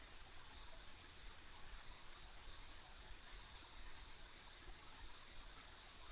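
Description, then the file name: Insects chorus in a steady high shimmering band, studded with soft pulsing chirps, over a continuous low rumbling background. Ambient insect sounds recorded on a rural country road. "田舎道の虫の環境音"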